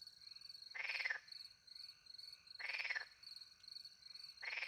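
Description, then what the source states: Frog croaking, rasping pulsed croaks about half a second long, three, over a steady cricket chorus. Frogs with crickets at night in countryside beside a little pond, France; microphones hidden in a tree close to the pond; two Usi Pro microphones into a MixPre 10 II recorder.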